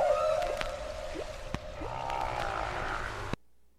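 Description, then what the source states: Humpback whale song: a low moan, then short upward sweeps and a drawn-out wail, cut off abruptly near the end. Played recording; haunting growls, high wails, odd but rhythmic scratching noises and moans.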